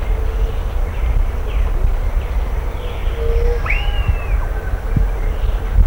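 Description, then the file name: Bird giving a single arched whistle in the second half, with a few faint downslurred notes earlier, against a persistent low rumble and hum. "SABIOD 50 bird 2015"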